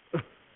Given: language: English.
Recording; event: throat vibration sensor signal played as sound; cough